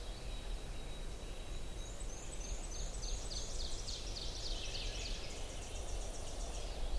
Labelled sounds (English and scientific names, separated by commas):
Ovenbird (Seiurus aurocapilla) song